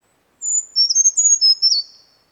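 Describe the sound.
Brown Creeper song, a thin, very high series of sibilant notes against silence.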